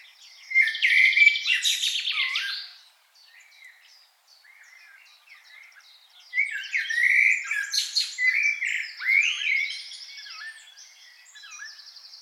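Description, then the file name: Common blackbird twitter in two loud bursts of rapid squeaks, slurred whistles and buzzy trills, separated by a quiet pause of a few seconds. "Turdus merula"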